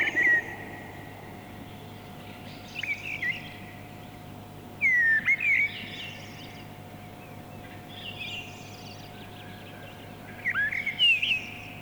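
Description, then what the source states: Mistle Thrush song: several loud, fluty whistled phrases separated by pauses, over a low steady hum. Field recording from Finland, released 1988 on cassette.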